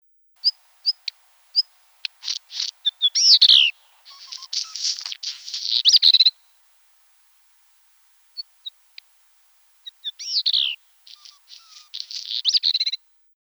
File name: Phoenicurus ochruros